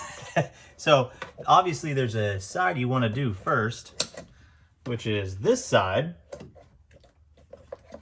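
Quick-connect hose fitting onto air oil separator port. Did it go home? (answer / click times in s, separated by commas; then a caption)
no / none. Someone talks while handling the first-side plastic quick-connect hose fitting at the air oil separator port during a Ford Performance driver's side air oil separator install on a Shelby GT350R. Toward the end, a few faint, short taps and handling noises are heard. Nothing has seated or clicked yet.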